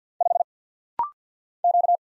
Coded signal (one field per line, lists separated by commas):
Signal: Morse code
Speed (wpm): 50 wpm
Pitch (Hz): 700 Hz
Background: none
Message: 5 Q